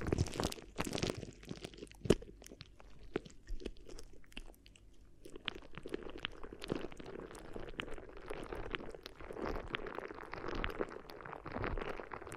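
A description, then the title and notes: Crinkly rubbing and rustling fills the whole stretch, a dense, uneven crackle with sharp bright crunches scattered throughout, the strongest near two seconds. A soft, low rumble runs underneath, and the texture stays busy without settling into a regular rhythm. ASMR Addictive Crinkly Ear Massage (No Talking).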